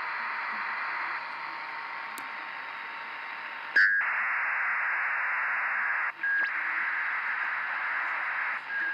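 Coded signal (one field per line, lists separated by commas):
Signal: ACARS aircraft data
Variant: HFDL (HF ACARS)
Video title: 17968 kHZ USB Наземная станция ACARS № 15, Бахрейн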